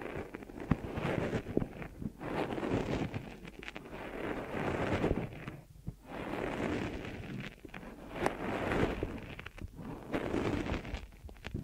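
Deep ear massage: dense, muffled rubbing and rustling that swells and eases in waves, with sharp scratchy clicks and brief lulls near six and ten seconds.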